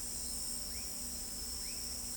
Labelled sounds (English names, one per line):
none